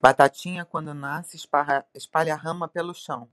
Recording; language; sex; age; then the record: short text; Brazilian Portuguese; female; 50 to 59 years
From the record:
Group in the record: control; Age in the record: 52 years